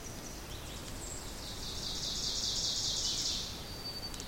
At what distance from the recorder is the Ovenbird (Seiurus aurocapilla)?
about 45 m